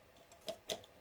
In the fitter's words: That clicks into there.